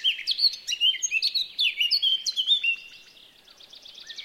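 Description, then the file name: Eurasian blackcap song, quick varied warble of clear fluty and slurred whistled notes, loud for about three seconds, then fading into a faint, fast scratchy chatter. "Sylvia atricapilla"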